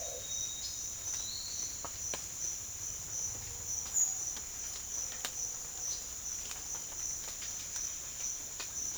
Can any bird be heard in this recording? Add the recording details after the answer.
yes. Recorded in pastures near Puerto Asís, Putumayo, Colombia, on 25 June 2025 at 07:00. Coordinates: 0.502, -76.324. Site G010